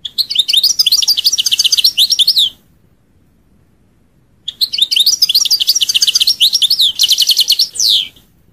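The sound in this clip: European goldfinch song: two long runs of rapid tinkling, twittering notes with buzzy trilled passages, broken by a two-second silence.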